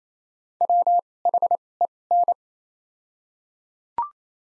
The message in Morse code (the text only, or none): WHEN